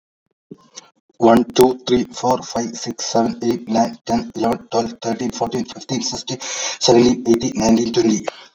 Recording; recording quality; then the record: counting at a fast pace; excellent, no background noise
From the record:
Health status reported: exposed to COVID-19, no respiratory illness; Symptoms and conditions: cough, cold, sore throat, fever, muscle pain, diarrhoea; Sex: male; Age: 29 years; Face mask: not worn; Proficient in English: yes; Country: India